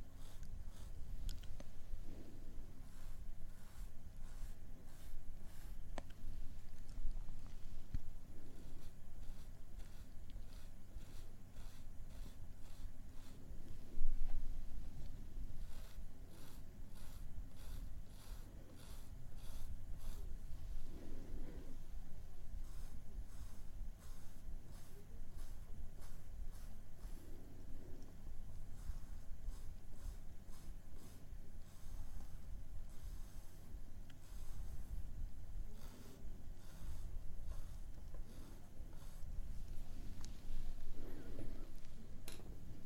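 Makeup being applied to a doll head, with quiet handling: soft brushing and rubbing textures with bursts of quick, regular tapping, notably around 5–8, 15–20 and 30–40 seconds. A low steady hum sits underneath, and faint whisper-like breaths surface occasionally.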